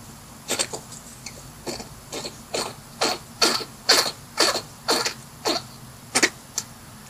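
A run of about a dozen short, dry, hissing cough bursts, some paired, at roughly two per second. It is a hedgehog's repeated cough from lungworm infection, a parasitic lung disease.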